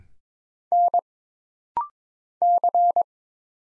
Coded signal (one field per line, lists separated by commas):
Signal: Morse code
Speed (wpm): 22 wpm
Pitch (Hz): 700 Hz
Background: none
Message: N C